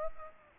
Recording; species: mosquito wingbeat signal from an infrared sensor; Aedes aegypti